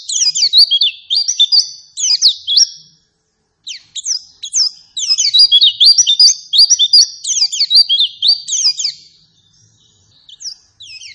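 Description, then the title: White-eye song: rapid, high chirping phrases in loud bursts with short pauses, fading to scattered soft chirps at the end. Persistent 'gacor' lure song meant to make any white-eye respond and answer. "Pleci Gacor. Apapun plecinya AKAN LANGSUNG MERESPON dan NYAUT dengan pancingan pleci ngotot ini"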